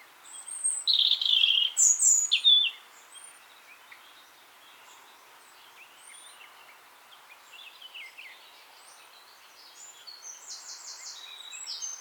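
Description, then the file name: European robin song, a loud burst of high warbled and trilled phrases over two seconds, then a quiet pause with faint thin notes and a softer phrase near the end. "Erithacus rubecula"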